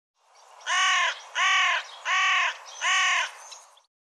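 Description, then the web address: Bird giving four harsh, nasal caws, each about half a second long and evenly spaced, crow-like and rich in overtones. "cianscape birddata Deverinetal 2025"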